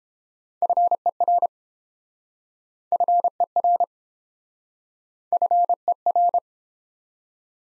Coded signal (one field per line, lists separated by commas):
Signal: Morse code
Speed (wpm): 28 wpm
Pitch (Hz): 700 Hz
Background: none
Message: FER FER FER